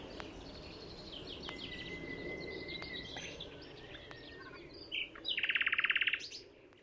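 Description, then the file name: Common nightingale song, quiet against steady background noise: a long level whistle, scattered soft notes, then a rapid buzzy trill of repeated notes near the end. "Luscinia megarhynchos"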